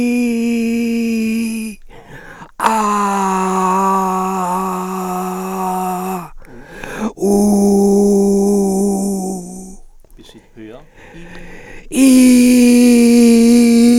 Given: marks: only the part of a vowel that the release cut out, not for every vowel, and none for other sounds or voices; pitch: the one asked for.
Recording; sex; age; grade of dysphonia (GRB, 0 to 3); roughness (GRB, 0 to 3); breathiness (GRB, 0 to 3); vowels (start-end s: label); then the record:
sustained vowels; male; 60 to 69 years; 3; 3; 3
0.00-1.35 s: vowel /i/, normal pitch
3.78-5.75 s: vowel /a/, normal pitch
7.56-8.90 s: vowel /u/, normal pitch
12.39-13.27 s: vowel /i/, high pitch
From the record:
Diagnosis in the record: frontolateral partial laryngectomy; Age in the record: 67 years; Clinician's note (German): Zustand nach Hemilaryngektomie, unvollständige Kompensation